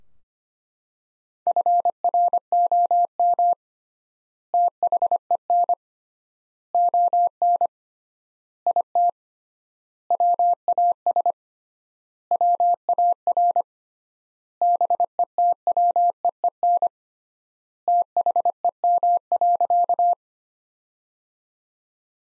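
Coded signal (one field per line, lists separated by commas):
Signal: Morse code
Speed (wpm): 25 wpm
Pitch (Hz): 700 Hz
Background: none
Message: FROM THEN ON IT WAS WAR BETWEEN THEM.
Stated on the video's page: Morse practice sentences built from the 400 most common words at 25 wpm with 3x standard word spacing, a word-level analogue of Farnsworth spacing.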